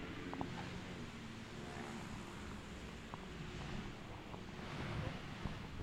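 A steady, soft low rumble of traffic, cars, TransMilenio buses, motorbikes and bicycles, passing below on Avenida Calle 26 in Bogotá, continuous and even throughout, with a few faint brief ticks and clicks scattered over the broad wash of noise.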